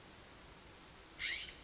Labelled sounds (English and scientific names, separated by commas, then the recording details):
California Scrub-Jay (Aphelocoma californica)
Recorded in Sonoma County, California